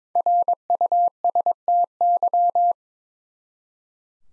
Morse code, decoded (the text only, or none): RUSTY